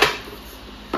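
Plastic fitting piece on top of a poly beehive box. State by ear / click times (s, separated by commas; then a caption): not seated / none. A plastic top piece is handled over a polystyrene Hive IQ poly beehive box, an Australian-designed hive, on its way to being pressed on until it clicks into place. A brief bright contact sound opens the clip, then quiet handling, then a short sharp knock near 0.95 s. Nothing has seated or clicked yet.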